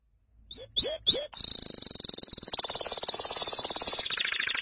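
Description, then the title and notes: Canary song opening with three short upslurred chips, then a long rapid rattling trill that shifts pitch partway, bright and continuous. "BM Suara Kenari. BM Suara Burung Kenari"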